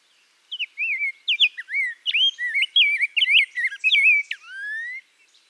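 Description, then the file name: Rose-breasted grosbeak giving a flowing string of sweet whistled notes, ending in a longer falling-then-rising slur. Song recorded in Minnesota. "RBGR SONG MN - Rose-breasted Grosbeak - Pheucticus ludovicianus"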